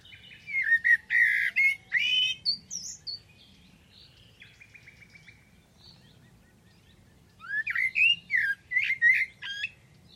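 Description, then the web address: Bird singing in two bursts of whistled, chattering notes, separated by a longer quiet stretch with a few softer notes. "Deverinetal. Bird Only"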